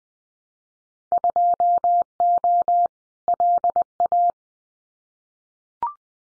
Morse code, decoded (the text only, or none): 2O LA